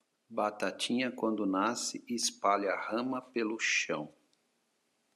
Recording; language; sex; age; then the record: short text; Brazilian Portuguese; male; 50 to 59 years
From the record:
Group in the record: control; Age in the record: 57 years